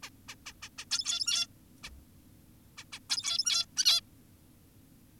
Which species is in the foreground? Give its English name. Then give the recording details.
Zebra Finch. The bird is an adult. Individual g17y2U